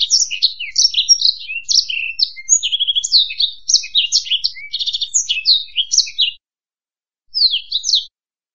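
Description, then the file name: Black-throated canary singing a rapid, high, varied twitter with buzzy trills for about six seconds, then one short closing phrase. "suara burung blackthroat"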